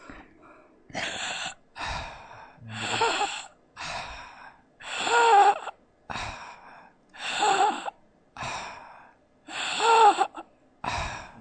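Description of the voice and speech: Loud, harsh breaths repeat at about 26 a minute in an adult. Several carry a brief strained, voiced or whistling tone. This noisy, effortful breathing fits respiratory dysphonia, where the vocal folds close during breathing and produce sound.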